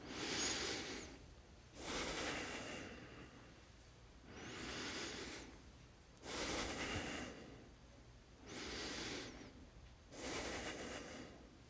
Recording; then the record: deep breathing after running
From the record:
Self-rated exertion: light exertion (2 of 6); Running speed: 7 miles an hour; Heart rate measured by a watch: 109 beats a minute at the start, 104 at the end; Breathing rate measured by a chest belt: 9 breaths a minute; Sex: male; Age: 24 years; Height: 185 cm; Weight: 79 kg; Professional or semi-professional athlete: no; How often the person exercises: 1 to 2 times a week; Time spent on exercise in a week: 2 to 3 hours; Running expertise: no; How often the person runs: 1 to 2 times a week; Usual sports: running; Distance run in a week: 20 km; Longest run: 10 km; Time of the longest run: 50 minutes